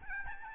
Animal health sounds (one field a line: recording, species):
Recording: mosquito wingbeat signal from an infrared sensor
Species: Aedes albopictus